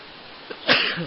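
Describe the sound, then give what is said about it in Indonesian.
A single sharp sneeze bursts out after a faint intake of breath, then trails off into a short, voiced exhale with no talking. “Alhamdulillah. Yahdikumullah sahibar.”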